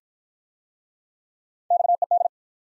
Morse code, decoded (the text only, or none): XED